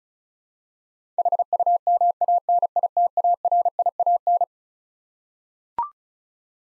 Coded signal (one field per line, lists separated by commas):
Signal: Morse code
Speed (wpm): 36 wpm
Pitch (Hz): 700 Hz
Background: none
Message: HUMANITARIAN